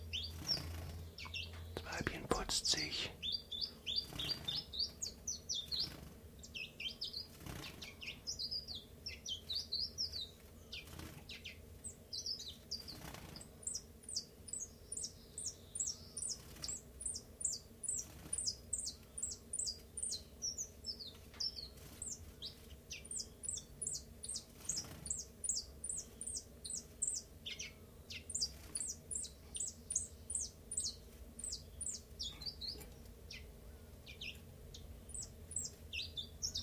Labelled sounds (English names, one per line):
Common Chiffchaff